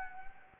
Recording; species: mosquito wingbeat signal from an infrared sensor; Anopheles gambiae